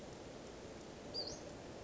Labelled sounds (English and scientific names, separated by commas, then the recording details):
Western Flycatcher (Empidonax difficilis)
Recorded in Sonoma County, California